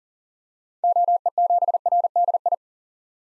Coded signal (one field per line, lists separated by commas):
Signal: Morse code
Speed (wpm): 40 wpm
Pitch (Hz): 700 Hz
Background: none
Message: OE7RDI